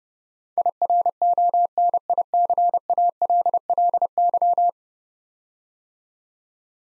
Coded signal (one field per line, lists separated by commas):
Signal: Morse code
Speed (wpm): 30 wpm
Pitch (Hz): 700 Hz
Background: none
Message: IRONICALLY